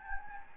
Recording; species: mosquito wingbeat signal from an infrared sensor; Anopheles gambiae